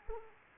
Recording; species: mosquito wingbeat signal from an infrared sensor; Anopheles arabiensis